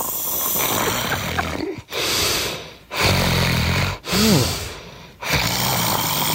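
An adult sleeper snoring: loud, rough snores that start off subtle and build up until they sound like a 10-piece band.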